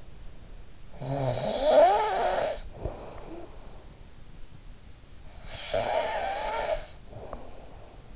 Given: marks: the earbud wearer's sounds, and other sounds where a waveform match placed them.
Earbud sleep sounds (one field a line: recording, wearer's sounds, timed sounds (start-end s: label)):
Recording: sounds in sleep by an in-ear microphone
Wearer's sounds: snoring breath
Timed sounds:
0.62-3.65 s: snoring breath
5.15-8.16 s: snoring breath